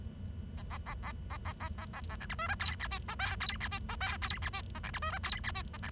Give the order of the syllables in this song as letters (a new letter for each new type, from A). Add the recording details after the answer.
A A A A A A A A A A B C D E F G H I J F G H I J F G H A B C D E F G H A B. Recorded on 23 June 2012 at 11:05. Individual gr41rd51